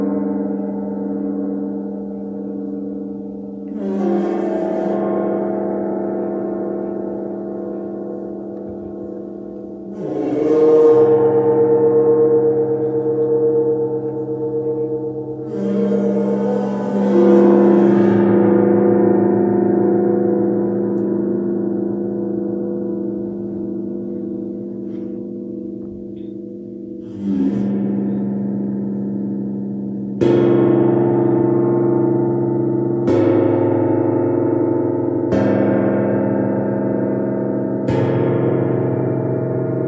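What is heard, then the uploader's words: A deep gong is struck repeatedly, each blow at roughly 4, 10, 16, 27, 30, 33 and 37 seconds swelling into a long, humming, shimmering drone. Heart Gong Immersion.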